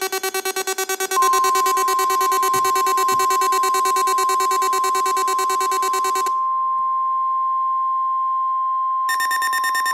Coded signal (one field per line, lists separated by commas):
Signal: Emergency Alert System (SAME) tones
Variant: 1050 Hz attention tone